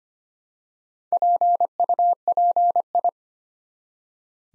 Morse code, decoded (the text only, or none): PUPI